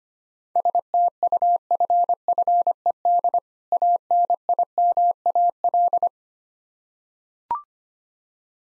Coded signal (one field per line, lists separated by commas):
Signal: Morse code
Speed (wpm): 25 wpm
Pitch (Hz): 700 Hz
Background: none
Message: STUFFED ANIMAL